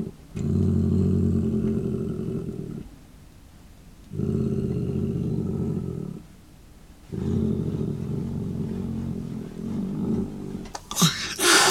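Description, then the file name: Domestic cat growling in long low rumbling bouts separated by short pauses, ending with a sharp hissing spit. Cat growling, hissing and spitting. "Digiffects Sound Effects Library - Cat Growling Hissing And Spitting"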